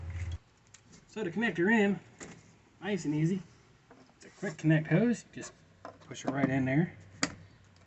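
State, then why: Seated. Someone talks while a quick-connect hose fitting is pushed by hand into the port on a Hart 20V Portable Rinser. One sharp click is heard at 7.2 s as the fitting snaps into place and seats.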